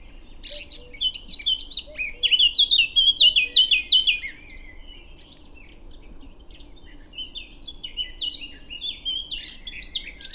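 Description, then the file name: Eurasian blackcap song: scratchy chips lead into a loud series of fluty downslurred whistles, then a pause and a softer, rambling warble near the end. "Sylvia atricapilla"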